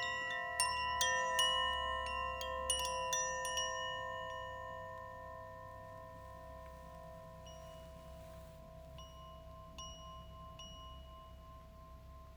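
Wind chimes ring in a cluster of bright, overlapping strikes during the first four seconds, their clear tones hanging and slowly fading. After that only a few scattered single chimes sound, around eight to ten seconds, over a low, steady rumble of wind.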